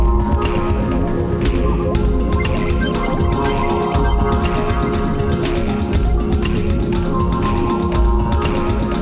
Pericardial friction rub. When inflamed pericardial surfaces rub together, they produce characteristic high-pitched friction noises called rubs. A pericardial friction rub sounds like this.